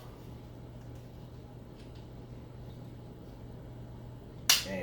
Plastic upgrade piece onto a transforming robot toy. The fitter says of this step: snap in place